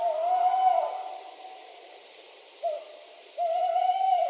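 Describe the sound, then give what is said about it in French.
An owl hoots in steady, mid-pitched tones: a long drawn-out call, a brief short hoot, then another sustained call. The calls are clear and moderately loud, with no voices. “Chouettes et hiboux, par exemple, tranquillou dans leur trou.”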